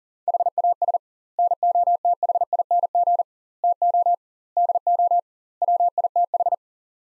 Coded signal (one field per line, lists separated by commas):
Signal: Morse code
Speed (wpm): 40 wpm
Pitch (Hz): 700 Hz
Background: none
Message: HAS NOTHING TO DO WITH